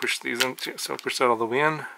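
Someone talks while handling a small wire connector that was not fully inserted into an FXT FPV wifi DVR module, leaving no signal and a blue screen; these connectors are very hard to push in. The connector is being pushed toward all the way in, but nothing has seated or clicked yet.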